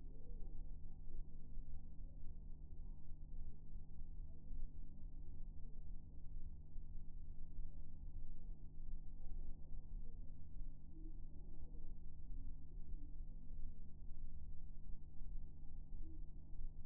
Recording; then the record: fetal heart sounds by stethoscope on the mother's abdomen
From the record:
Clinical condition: lower abdominal pain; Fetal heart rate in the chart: 142 bpm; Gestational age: 34 weeks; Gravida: 2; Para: 1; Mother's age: 26 years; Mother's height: 164 cm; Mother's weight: 60 kg